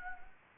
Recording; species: mosquito wingbeat signal from an infrared sensor; Anopheles gambiae